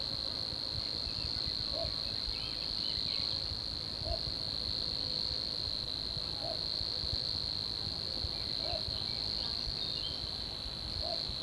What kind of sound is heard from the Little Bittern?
song